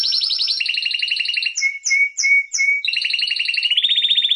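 Canary song with quick rattling trills, three clear descending whistled notes in a row, then more fast trilled phrases rising slightly in pitch.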